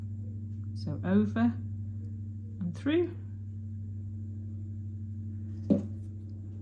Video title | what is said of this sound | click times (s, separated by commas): DIY Wire Jewelry Tutorial - How to Make Mandala Flowers for Earrings and Pendants | can hear it click to place actually guys so that's a good indication that you've got it in the right place okay and | 5.7 s